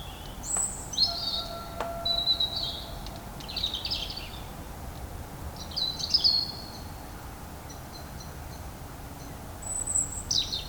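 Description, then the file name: European robin singing short, high, varied phrases of tinkling and trilled notes with gaps of a second or more, over a constant low-pitched background hum. "Erithacus rubecula"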